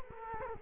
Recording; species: mosquito wingbeat signal from an infrared sensor; Culex quinquefasciatus